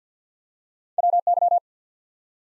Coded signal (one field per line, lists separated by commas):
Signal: Morse code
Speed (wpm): 50 wpm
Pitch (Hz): 700 Hz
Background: none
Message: WY